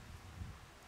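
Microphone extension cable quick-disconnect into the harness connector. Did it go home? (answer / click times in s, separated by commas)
no / none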